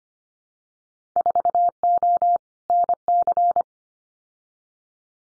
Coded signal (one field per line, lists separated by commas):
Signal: Morse code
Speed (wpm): 25 wpm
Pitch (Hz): 700 Hz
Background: none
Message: 4O NC